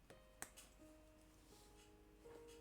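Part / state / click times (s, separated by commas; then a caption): plastic brick ratchet hinge in a model build / not seated / none. A plastic brick ratchet hinge is handled during a model build, with one sharp tap near 0.4 s and a few fainter ticks over a quiet, steady tonal background. The joint has not been worked yet, and nothing has seated or clicked.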